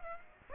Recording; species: mosquito wingbeat signal from an infrared sensor; Aedes aegypti